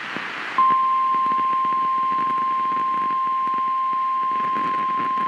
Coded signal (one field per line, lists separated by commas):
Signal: Emergency Alert System (SAME) tones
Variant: 1050 Hz attention tone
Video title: Flash Flood Warning and Severe Thuderstorm Warning Missouri Double Header EAS 4/17/26